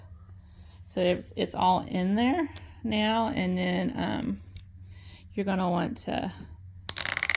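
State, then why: Seated. Someone talks, then the ratcheting clasp on a Bernina free-arm embroidery hoop holding a t-shirt is cranked, giving a burst of sharp clicks at about 6.9, 7.1, 7.2, 7.2, 7.3 and 7.3 seconds. The clasp ratchets and locks into place.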